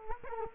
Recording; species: mosquito wingbeat signal from an infrared sensor; Culex quinquefasciatus